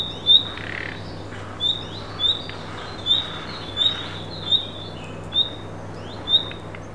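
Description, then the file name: Common nightingale song: short, high whistled notes repeated at a slow pace, with a steady low hum beneath. "Luscinia megarhynchos"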